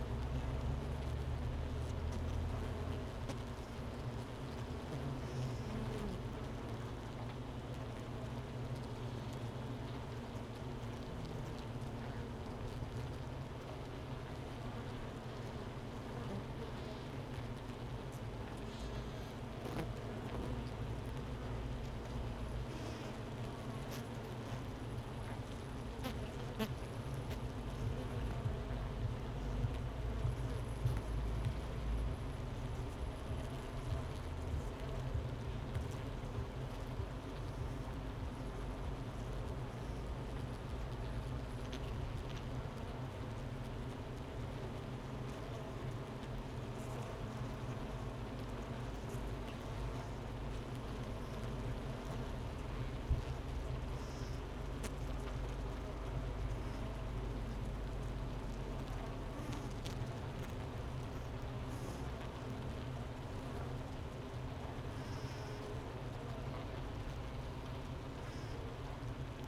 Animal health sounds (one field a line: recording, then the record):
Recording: honeybee colony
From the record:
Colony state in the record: missing queen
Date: 31 May 2018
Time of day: 11:07